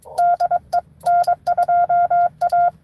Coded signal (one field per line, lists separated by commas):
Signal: Morse code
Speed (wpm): 22 wpm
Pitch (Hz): 700 Hz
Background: none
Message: DE N2A